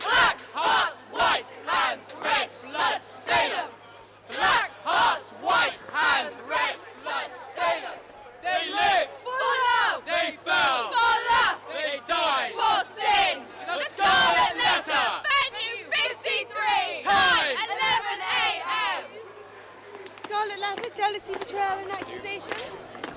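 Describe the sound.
Performers all dressed in red stamp their feet on the ground at the Fringe Festival in front of tourists, a steady, heavy rhythm of repeated thuds mixed with loud chanted shouts and war-cry-like voices throughout.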